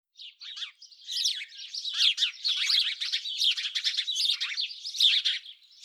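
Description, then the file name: House sparrow chatter begins after a brief pause and builds into a continuous stream of sharp, overlapping cheeps and chirps lasting to the end. "Passer domesticus"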